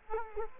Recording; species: mosquito wingbeat signal from an infrared sensor; Culex quinquefasciatus